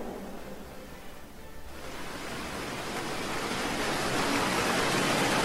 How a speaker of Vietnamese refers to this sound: Kể đó, nước sóng lại bắn ào ào lên thuyền, nước biển băng lạnh ướt sũng các thành viên trong đội. Khó khăn lắm mới chèo tiến lên được mấy chục mét. Đợt sóng thứ hai lại ập đến.